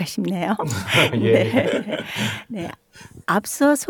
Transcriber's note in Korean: 웃음